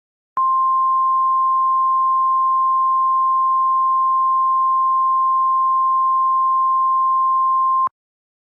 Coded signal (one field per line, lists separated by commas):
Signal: Emergency Alert System (SAME) tones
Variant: 1050 Hz attention tone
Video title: NOAA EAS REQUIRED MONTHLY TEST 1/6/20